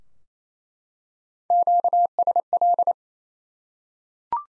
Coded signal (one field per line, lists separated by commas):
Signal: Morse code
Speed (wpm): 28 wpm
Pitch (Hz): 700 Hz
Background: none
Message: QSL